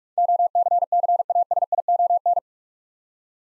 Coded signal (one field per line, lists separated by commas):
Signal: Morse code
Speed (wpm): 44 wpm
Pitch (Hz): 700 Hz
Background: none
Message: OCCASION